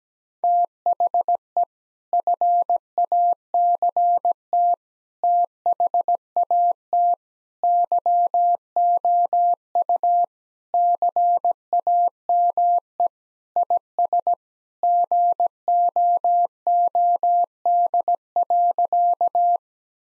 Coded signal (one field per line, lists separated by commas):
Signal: Morse code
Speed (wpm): 17 wpm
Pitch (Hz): 700 Hz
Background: none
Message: THE FACT THAT YOU CAME IS GOOD.